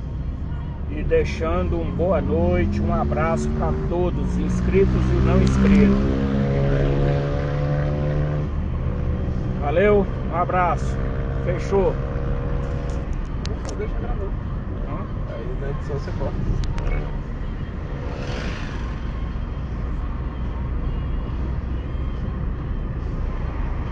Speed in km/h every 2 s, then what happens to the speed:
30, 34, 39, 43, 44, 45, 44, 42, 43, 46, 47, 48.
0-7 speeds up to 44. 7-15 steady at about 44. 15-24 speeds up to 48.